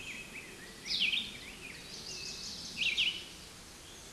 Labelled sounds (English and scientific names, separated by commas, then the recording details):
Red-eyed Vireo (Vireo olivaceus) song
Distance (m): 5 m
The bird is about level with the microphone
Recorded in a Pennsylvania forest on 16 May 2024 at 08:50
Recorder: AudioMoth, point MSD-2287
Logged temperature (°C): 11.2 °C
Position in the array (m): 142 m, 17 m